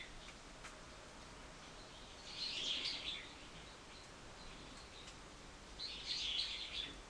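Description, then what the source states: Bird giving two short bursts of high, twittering chirps, about three and a half seconds apart, with quiet background hiss between them. Recorded 24 March 2023.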